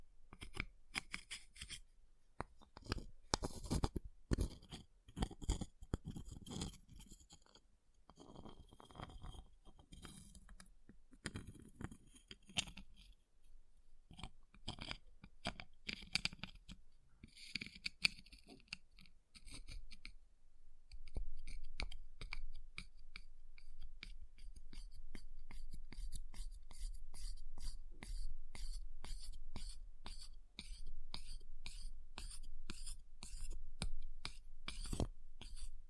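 Ice is tapped, scratched and carved in quick, bright strokes, sparse clicks early giving way after twenty seconds to denser, steady scraping.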